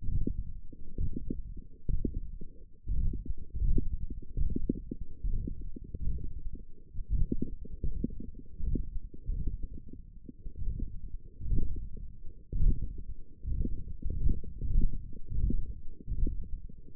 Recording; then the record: forearm muscle sounds (acoustic myography)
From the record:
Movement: ulnar deviation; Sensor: system 1, eight BSWA MPA416 microphones around the upper forearm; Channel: 7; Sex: male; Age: 21 years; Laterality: right